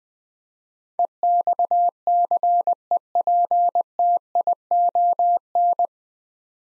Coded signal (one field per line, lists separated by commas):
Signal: Morse code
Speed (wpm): 20 wpm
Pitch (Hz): 700 Hz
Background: none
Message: EXCEPTION